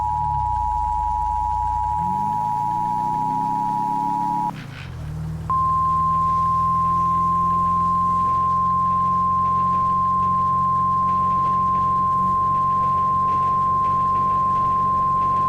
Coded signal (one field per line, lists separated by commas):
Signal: Emergency Alert System (SAME) tones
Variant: 853 and 960 Hz attention tone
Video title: EAS Severe Thunderstorm Watch 388 in BC